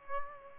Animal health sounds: mosquito wingbeat signal from an infrared sensor; Aedes aegypti

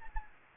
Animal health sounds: mosquito wingbeat signal from an infrared sensor; Aedes albopictus

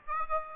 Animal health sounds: mosquito wingbeat signal from an infrared sensor; Aedes aegypti

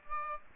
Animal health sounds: mosquito wingbeat signal from an infrared sensor; Aedes aegypti

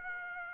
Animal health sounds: mosquito wingbeat signal from an infrared sensor; Aedes aegypti

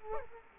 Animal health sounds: mosquito wingbeat signal from an infrared sensor; Culex quinquefasciatus

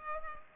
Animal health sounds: mosquito wingbeat signal from an infrared sensor; Culex pipiens

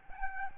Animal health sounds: mosquito wingbeat signal from an infrared sensor; Aedes albopictus

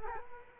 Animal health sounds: mosquito wingbeat signal from an infrared sensor; Culex quinquefasciatus

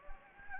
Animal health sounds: mosquito wingbeat signal from an infrared sensor; Anopheles gambiae

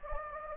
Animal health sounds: mosquito wingbeat signal from an infrared sensor; Anopheles gambiae

